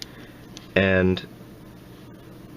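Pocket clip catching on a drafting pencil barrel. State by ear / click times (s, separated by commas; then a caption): seated / 0.0 s. The metal pocket clip on a Pentel Graph Gear 1000 0.5mm drafting pencil is pushed forward and snaps into its catch on the plastic barrel with a sharp click at 0.0 s, followed by a fainter tick at about 0.6 s. Someone then talks briefly. The clip is seated, with the plastic catching it and holding it in place.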